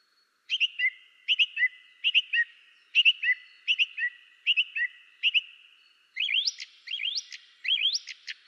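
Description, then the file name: Song thrush song: a crisp double-noted whistled phrase repeated about seven times, followed by a new, more sweeping rising phrase repeated several times. "drozd spiewak peter boesman. zanglijster"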